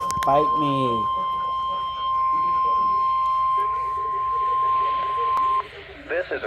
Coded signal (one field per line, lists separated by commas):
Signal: Emergency Alert System (SAME) tones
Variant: 1050 Hz attention tone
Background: speech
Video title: FFW on wxj84 (6/17/22) EAS 1018